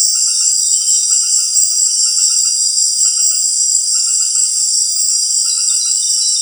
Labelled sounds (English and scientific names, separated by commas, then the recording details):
none
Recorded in secondary vegetation near Puerto Asís, Putumayo, Colombia, on 19 March 2025 at 18:30
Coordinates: 0.499, -76.323
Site G094